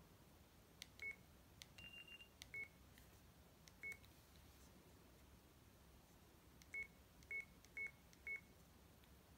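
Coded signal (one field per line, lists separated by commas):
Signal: none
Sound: a phone's ringtone beeps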